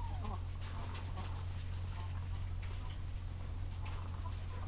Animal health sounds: poultry house recording; sick chickens (respiratory disease)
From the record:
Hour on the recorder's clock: 13

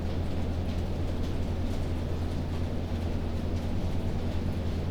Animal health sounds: poultry house recording; no chicken sound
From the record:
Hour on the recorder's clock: 20

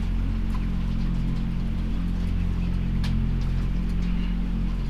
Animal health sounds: poultry house recording; healthy chickens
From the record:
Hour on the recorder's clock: 20

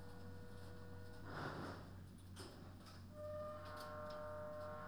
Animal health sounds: poultry house recording; no chicken sound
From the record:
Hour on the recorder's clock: 21

